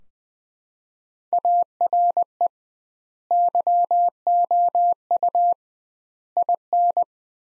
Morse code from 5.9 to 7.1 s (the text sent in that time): IN